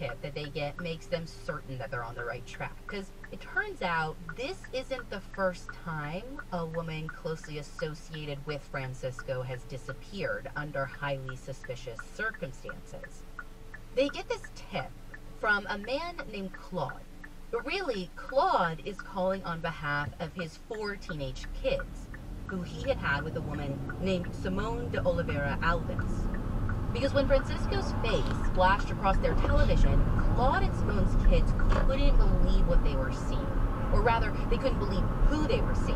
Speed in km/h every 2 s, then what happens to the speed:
0, 0, 0, 0, 0, 0, 0, 0, 0, 0, 0, 6, 16, 24, 27, 32, 37, 42.
0-21 standing. 21-36 pulls away to 42.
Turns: none.